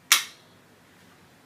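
The foam waistband buckle of a Beco Gemini baby carrier, set for the newborn position, is brought together behind the back and fastened. A single sharp click sounds at 0.1 s and quickly fades into quiet. The buckle is clicked shut.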